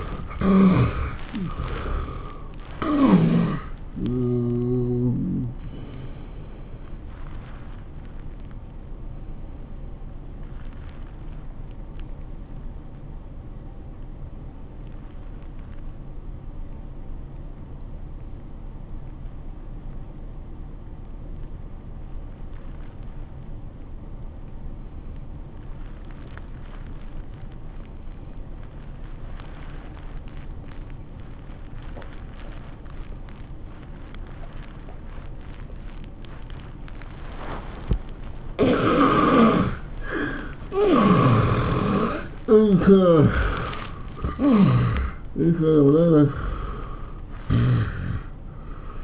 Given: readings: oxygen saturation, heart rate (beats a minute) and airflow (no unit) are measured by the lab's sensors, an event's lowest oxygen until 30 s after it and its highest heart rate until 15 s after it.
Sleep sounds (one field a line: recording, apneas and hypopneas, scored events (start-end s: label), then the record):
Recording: breathing in sleep by a smartphone at the bedside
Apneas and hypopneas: 1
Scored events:
15.00-38.40 s: obstructive apnea (N1, oxygen 96% highest, then 73% lowest, heart rate 76 at the start, 104 highest)
From the record:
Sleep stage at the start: N1 (lightest sleep)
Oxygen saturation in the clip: 71 to 96%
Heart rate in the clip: 73 to 103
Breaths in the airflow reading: 7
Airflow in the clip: -18.8 to 14.4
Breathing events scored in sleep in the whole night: 403 in 5.5 hours asleep